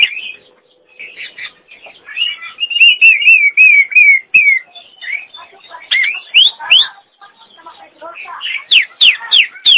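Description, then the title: Nias hill myna song: scattered chirps leading into a wavering whistled phrase, followed by sharp rising whistles and quick upslurred notes. "Jalak Nias"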